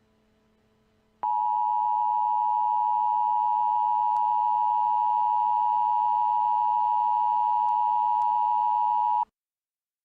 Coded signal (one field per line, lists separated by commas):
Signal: Emergency Alert System (SAME) tones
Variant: 853 and 960 Hz attention tone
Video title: Nuclear Missile EAS Scenario: "Nuclear Winter"